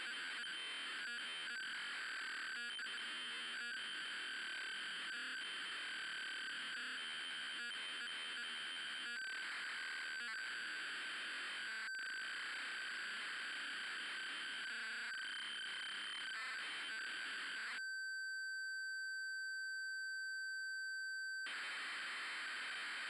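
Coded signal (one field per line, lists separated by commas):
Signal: ZX Spectrum tape loading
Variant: ZX Spectrum cassette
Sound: harsh buzzing screech of data, a steady pure tone for three seconds, then screeching resumes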